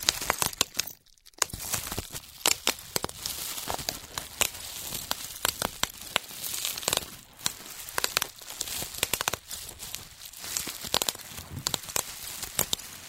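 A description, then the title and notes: Bubble wrap being handled, with dense crinkling and rustling throughout. Sharp, bright pops and snaps burst out irregularly every second or so. There is a brief near-silent pause just after the first second. 泡泡紙｜Bubble Wrap.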